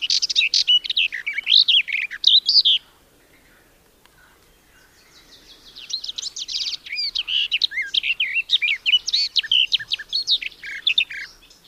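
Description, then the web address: Garden warbler song: a long, fast run of rich, mellow warbled notes, a pause of about three seconds, then another sustained warbling phrase. "Madardalok Kerti poszáta"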